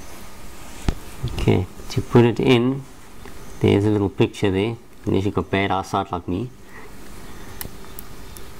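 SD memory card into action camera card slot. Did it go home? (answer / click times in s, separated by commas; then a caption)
yes / 7.6 s. A microSD memory card is pushed into the card slot of a cheap underwater action camera while someone talks. After the talking, a sharp click at 7.6 seconds marks the card latching into the slot, followed by two fainter ticks. The card is seated.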